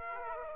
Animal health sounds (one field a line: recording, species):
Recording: mosquito wingbeat signal from an infrared sensor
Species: Aedes aegypti